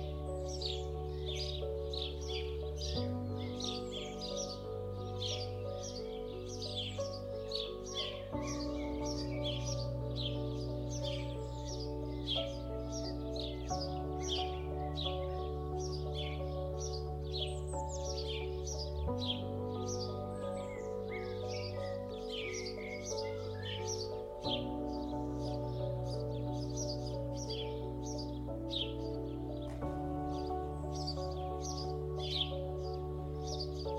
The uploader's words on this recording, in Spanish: Ambiente Soñador del CAMPO: MÚSICA Serena y CANTOS DE PÁJAROS. Este episodio ofrece sonidos tranquilos del campo, incluyendo los melodiosos cantos de los pájaros, acompañados de música relajante.